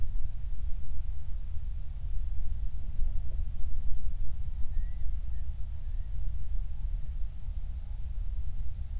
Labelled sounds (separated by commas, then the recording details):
near silence
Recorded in the Prudhoe Bay oil fields, Alaska, on 28 July 2019 at 06:02
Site 25